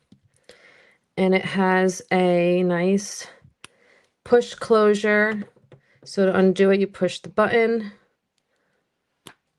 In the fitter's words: Nice click, and a safety.